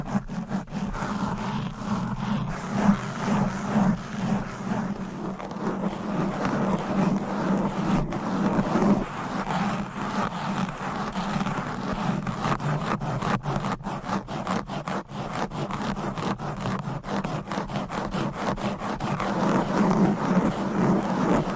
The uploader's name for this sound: Fast & Aggressive Mic Scratching with 20 DIFFERENT MICS Covers & Nails